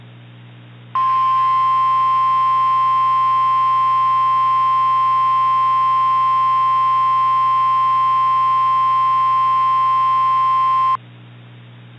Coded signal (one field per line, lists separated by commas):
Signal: Emergency Alert System (SAME) tones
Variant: 1050 Hz attention tone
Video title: "WASHINGTON'S WALLOPING" [TORNADO EAS SCENARIO]